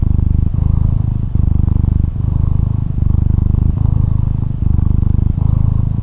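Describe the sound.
Cat purring, a deep steady rumble broken by brief pauses less than a second apart as the cat breathes in and out.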